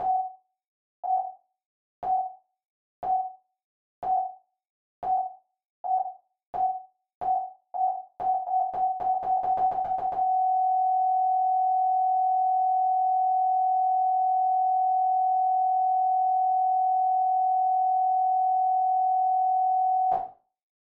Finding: Flatline.